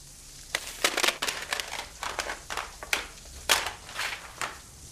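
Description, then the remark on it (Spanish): Papers rustle and crinkle in a series of quick, uneven bursts as master tapes are taken from a table crowded with papers and drawings and stuffed into a bag, with brief pauses between the crisp, crackling handfuls. “Ángela ve los másters sobre la mesa atestada de papeles y dibujos y los guarda también en la bolsa.”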